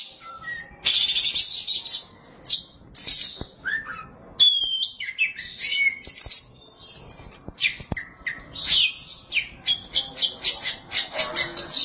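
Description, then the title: Oriental magpie-robin song: a fast, continuous run of loud, varied whistles, harsh buzzy notes and chirps, with brief pauses between bursts. "Suara Kicauan Burung Kacer"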